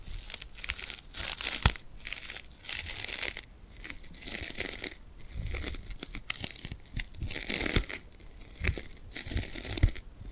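Sticky, tacky hand sounds made by glued palms pulling apart and pressing together, a dense run of crackling, peeling noises. The texture is bright and hissy, coming in uneven bursts a few times per second, with sharp pops near 1.6, 5 and 10 seconds.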